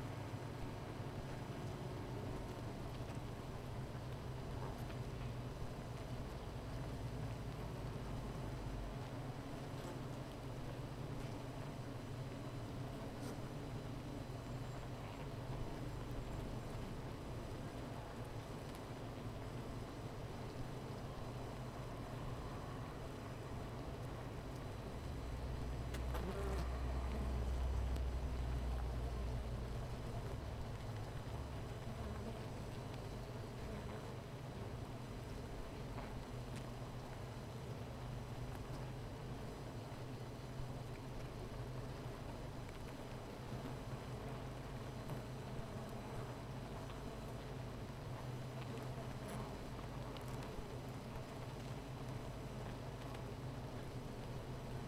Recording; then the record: honeybee colony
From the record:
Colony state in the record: missing queen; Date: 14 July 2017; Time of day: 13:55